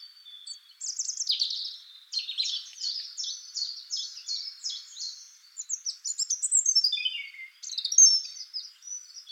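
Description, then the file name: European robin song in high, varied phrases: a string of quick descending notes, then tumbling trills and a sweet falling flourish. "Erithacus rubecula"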